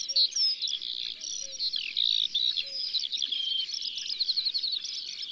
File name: Alouette des champs Chants d'oiseaux dans la campagne